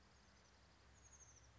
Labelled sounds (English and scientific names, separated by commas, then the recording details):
Oak Titmouse (Baeolophus inornatus)
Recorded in Sonoma County, California